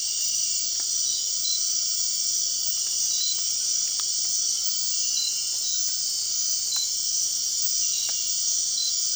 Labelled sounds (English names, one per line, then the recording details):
none
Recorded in dense forest near Puerto Asís, Putumayo, Colombia, on 24 March 2025 at 21:30
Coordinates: 0.499, -76.324
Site GP03